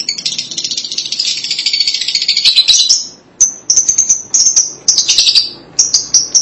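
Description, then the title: Lovebird chattering: a long shrill, rapid buzzy chatter for three seconds, then short sharp high chirps and brief chatter bursts. "BM Suara Burung Lovebird"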